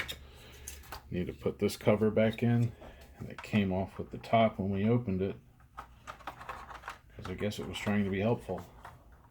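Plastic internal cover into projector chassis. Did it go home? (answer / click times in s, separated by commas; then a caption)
no / none. Someone talks while handling the plastic internal cover of a BenQ W1080ST DLP projector, which came off at the top when the projector was opened and is being lined up on its little plastic notches to go back into the chassis. Light plastic taps and knocks sound around 0.7 s and in a quick run from about 5.8 to 6.9 s. Nothing has seated or clicked into place yet.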